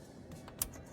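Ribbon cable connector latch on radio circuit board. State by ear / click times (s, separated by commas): released / 0.6 s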